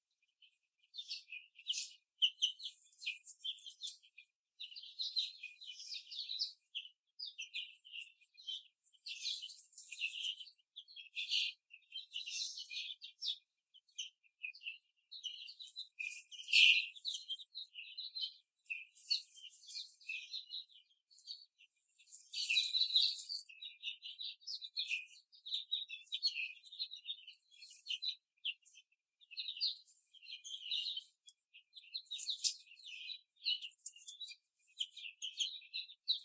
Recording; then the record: young laying hens in a cage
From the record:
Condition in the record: after the stressor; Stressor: simulated dog barking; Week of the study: 3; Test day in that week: 1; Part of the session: 3